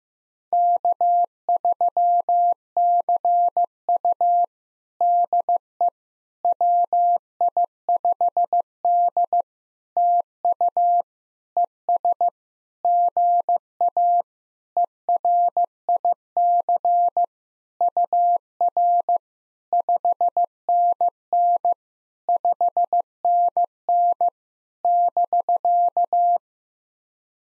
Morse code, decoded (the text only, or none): K3CU DE WI5D TU ES GA ERIC UR 5NN 5NN <BK>